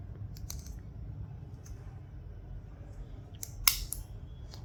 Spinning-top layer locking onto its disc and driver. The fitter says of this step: okay click అయింది